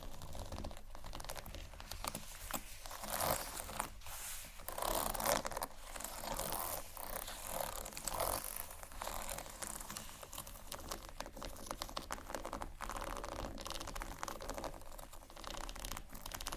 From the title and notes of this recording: ASMR 31 Scratching Triggers For Your Tingles（No Talking）.